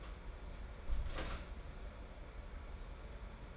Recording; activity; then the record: daily activity, microphone in the room; close door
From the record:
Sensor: 5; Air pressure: 1015.3 hPa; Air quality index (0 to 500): 214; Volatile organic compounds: 12 ppm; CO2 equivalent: 2327 ppm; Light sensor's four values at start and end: 35/80/32/31 and 35/80/32/31